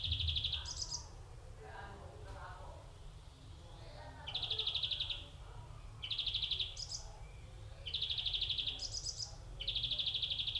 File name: Chloris chloris